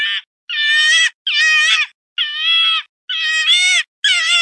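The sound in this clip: Fox whining calls, drawn-out tonal cries with rich harmonics, each under a second, repeated about once a second with short silent gaps.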